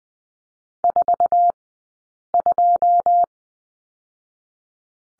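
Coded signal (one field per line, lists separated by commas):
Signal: Morse code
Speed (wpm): 20 wpm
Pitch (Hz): 700 Hz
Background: none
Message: 42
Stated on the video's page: Morse code course lesson at Farnsworth speed of 20/10 wpm, practicing the number 2.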